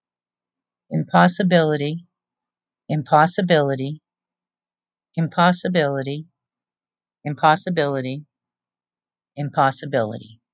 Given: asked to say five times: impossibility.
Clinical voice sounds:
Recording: repeated word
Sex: female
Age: 50 to 59 years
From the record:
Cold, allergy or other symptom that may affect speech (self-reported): no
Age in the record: 59 years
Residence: Oklahoma, United States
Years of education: 12

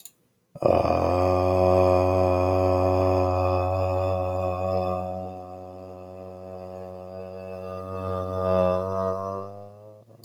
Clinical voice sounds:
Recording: vowel held as long as possible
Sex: male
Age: 40 to 49 years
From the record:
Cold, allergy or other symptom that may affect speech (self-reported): no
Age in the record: 43 years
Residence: Nebraska, United States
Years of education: 13

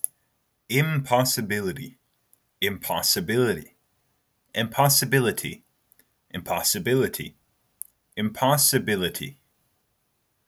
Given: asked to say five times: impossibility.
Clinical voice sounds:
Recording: repeated word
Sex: male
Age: 20 to 29 years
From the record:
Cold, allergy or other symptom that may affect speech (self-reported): no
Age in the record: 23 years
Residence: California, United States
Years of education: 13

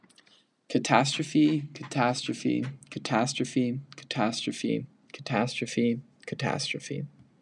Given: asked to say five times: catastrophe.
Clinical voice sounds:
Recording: repeated word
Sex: male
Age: 18 to 19 years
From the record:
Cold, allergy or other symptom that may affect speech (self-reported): no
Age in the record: 18 years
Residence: New York, United States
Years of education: 12

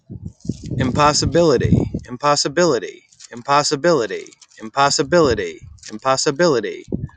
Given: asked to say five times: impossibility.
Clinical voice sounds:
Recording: repeated word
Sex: male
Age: 30 to 39 years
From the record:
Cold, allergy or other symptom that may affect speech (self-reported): no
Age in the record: 34 years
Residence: Florida, United States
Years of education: 13

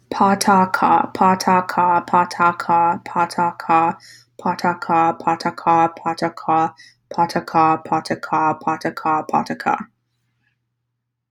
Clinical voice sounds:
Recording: repeated syllables /pa ta ka/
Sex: female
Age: 20 to 29 years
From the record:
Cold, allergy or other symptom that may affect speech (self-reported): no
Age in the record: 26 years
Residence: California, United States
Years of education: 18

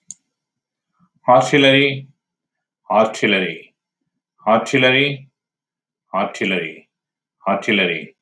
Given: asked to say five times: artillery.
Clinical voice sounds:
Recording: repeated word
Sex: male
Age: 60 to 69 years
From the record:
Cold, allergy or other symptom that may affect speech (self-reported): no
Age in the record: 64 years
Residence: California, United States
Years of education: 18

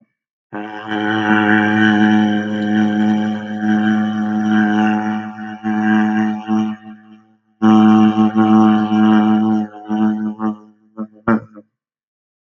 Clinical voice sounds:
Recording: vowel held as long as possible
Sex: male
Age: 20 to 29 years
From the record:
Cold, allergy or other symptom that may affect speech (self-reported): no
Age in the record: 23 years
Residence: Pennsylvania, United States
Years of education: 16

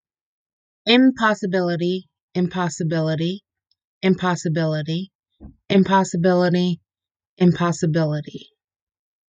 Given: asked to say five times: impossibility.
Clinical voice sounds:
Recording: repeated word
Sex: female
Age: 30 to 39 years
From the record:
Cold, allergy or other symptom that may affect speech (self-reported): no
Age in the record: 39 years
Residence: Connecticut, United States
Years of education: 12

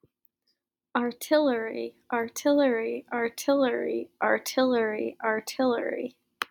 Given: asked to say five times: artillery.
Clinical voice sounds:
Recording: repeated word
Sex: female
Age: 20 to 29 years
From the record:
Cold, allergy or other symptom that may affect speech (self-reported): no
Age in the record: 22 years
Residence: Massachusetts, United States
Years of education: 16

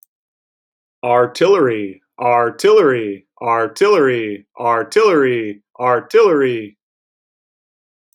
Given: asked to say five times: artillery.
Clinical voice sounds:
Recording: repeated word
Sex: male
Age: 30 to 39 years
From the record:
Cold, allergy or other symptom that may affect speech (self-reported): no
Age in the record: 31 years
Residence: Minnesota, United States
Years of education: 16

